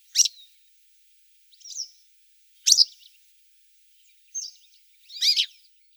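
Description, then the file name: Western yellow wagtail giving several short, high, scratchy call notes at irregular intervals, some louder and fuller than others, with no other noticeable sounds. "Motacilla flava"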